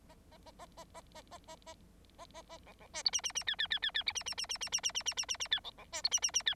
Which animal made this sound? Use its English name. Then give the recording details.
Bengalese Finch. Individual Bird9